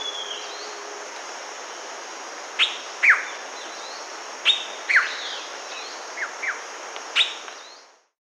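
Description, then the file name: Selva Cacique calls: several sharp downslurred notes, mostly in pairs, spaced a second or two apart, over a constant high-pitched hum. Recorded in Peru; Amazon region. "Selva Cacique (Cacicus koepckeae), Peru"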